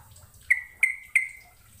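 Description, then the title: Bird: three crisp, evenly spaced notes, each trailing into a steady fading tone. "Kicau Burung"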